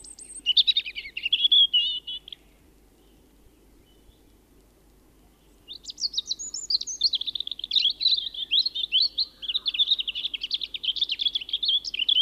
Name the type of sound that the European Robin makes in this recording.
song